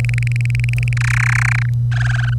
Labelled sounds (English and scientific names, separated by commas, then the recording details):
Domestic Canary (Serinus canaria) song
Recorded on 25 April 2018 at 07:57
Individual llb3